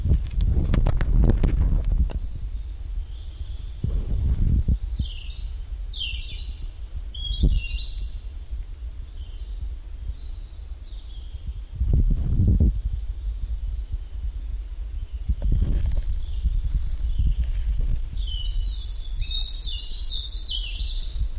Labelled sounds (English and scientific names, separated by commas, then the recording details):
European Robin (Erithacus rubecula) song
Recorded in the wild
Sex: male
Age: adult
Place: Halbinsel Kindo, Karelien, RU
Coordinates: 66.5508, 33.1036
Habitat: taiga
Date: 1990-07-01 13:00
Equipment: Uher 4000 Report Monitor, Sennheiser MKH 416 T
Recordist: Frommolt, Karl-Heinz